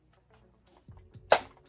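A plastic snake piece is pushed onto a Hasbro G.I. Joe Classified Serpentor Air Chariot toy vehicle, with a few faint low thuds before it. It snaps into place with a sharp, loud click at 1.3 s, then a short fading tail. The piece is confirmed seated.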